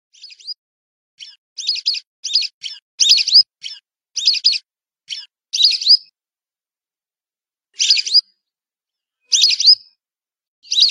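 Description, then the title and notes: Whistling duck uttering bright whistled notes in rapid clusters, then sparser single slurred whistles after a pause; clean background. "Kicau Burung Belibis"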